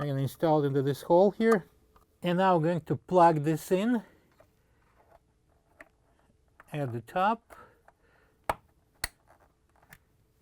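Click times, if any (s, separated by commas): 8.5 s, 9.0 s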